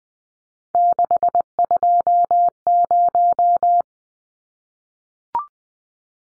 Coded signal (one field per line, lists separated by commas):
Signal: Morse code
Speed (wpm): 20 wpm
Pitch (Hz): 700 Hz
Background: none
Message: 620